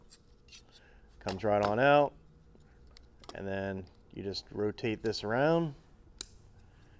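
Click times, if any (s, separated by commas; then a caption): 6.2 s. An attachment is rotated around on a metal multi-tool body, with someone talking over it. At 6.2 s a sharp snap is heard as the attachment locks into the multi-tool handle. It stays locked until a release button is pushed.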